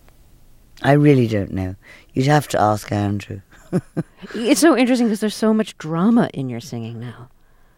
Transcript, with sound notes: I really don't know. You'd have to ask Andrew (laughter).
It's so interesting 'cause there's so much drama in your singing now.